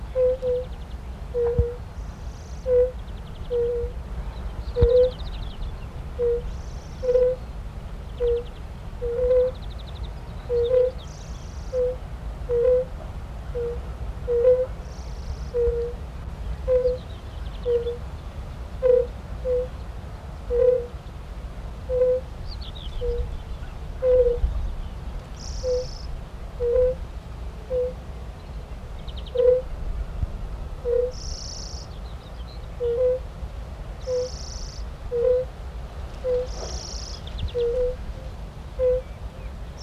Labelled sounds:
Fire-Bellied Toad (Bombina bombina) call

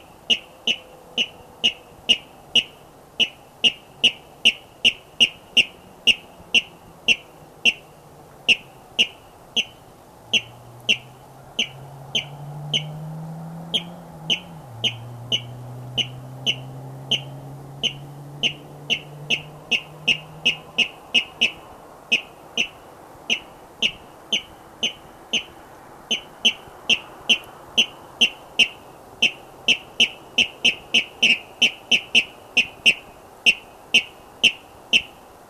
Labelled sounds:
Water Rail (Rallus aquaticus) courtship call

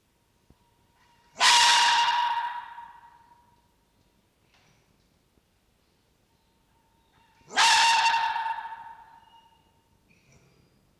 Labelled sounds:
Red Fox (Vulpes vulpes)

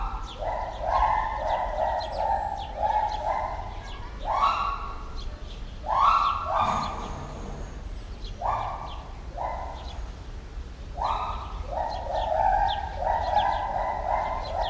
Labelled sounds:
Pileated Gibbon (Hylobates pileatus)

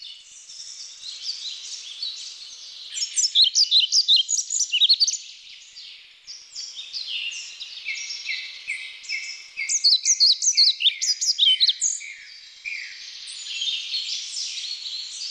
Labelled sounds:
European Pied Flycatcher (Ficedula hypoleuca) song

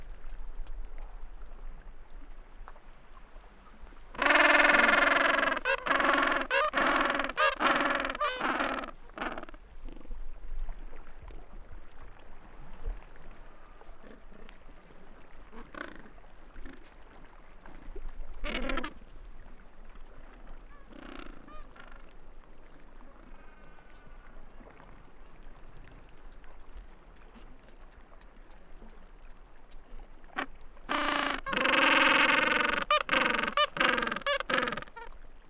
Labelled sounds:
Gentoo Penguin (Pygoscelis papua) call

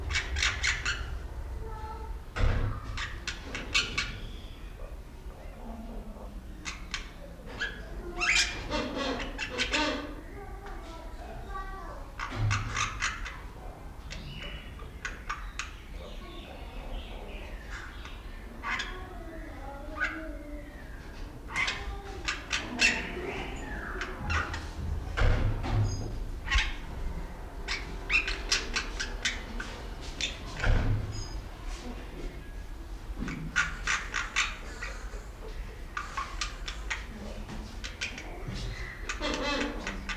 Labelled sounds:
Bali Myna (Leucopsar rothschildi)

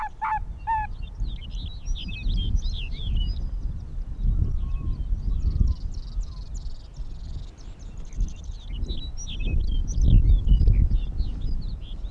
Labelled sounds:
Arctic Fox (Vulpes lagopus)

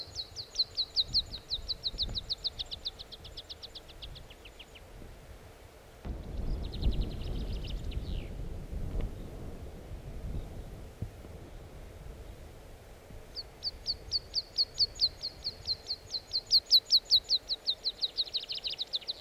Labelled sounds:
Meadow Pipit (Anthus pratensis)

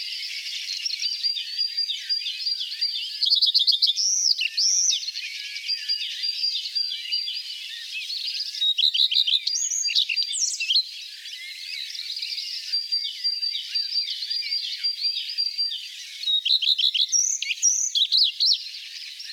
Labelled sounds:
Common Redstart (Phoenicurus phoenicurus) song

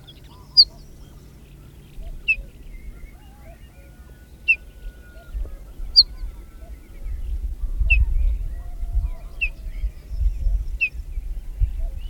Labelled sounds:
Ortolan Bunting (Emberiza hortulana) call

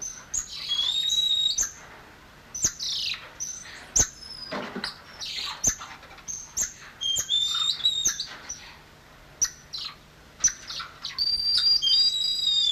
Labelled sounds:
Golden Lion Tamarin (Leontopithecus rosalia) call

